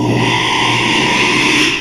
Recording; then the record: squeal of a Yucatan mini pig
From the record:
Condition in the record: after surgery on the right vocal fold (resection and tissue-engineered implant); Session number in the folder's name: 1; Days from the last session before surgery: 6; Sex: male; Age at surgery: 12 weeks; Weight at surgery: 13 kg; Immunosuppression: cyclosporine, prednisolone